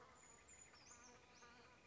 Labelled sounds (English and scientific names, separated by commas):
Brown Creeper (Certhia americana)